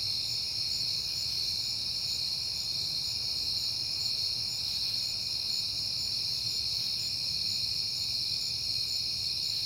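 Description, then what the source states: Crickets: chorus of continuous high-pitched trilling that holds steady throughout, with a soft low hum underneath. Crickets recorded on a peaceful night in September.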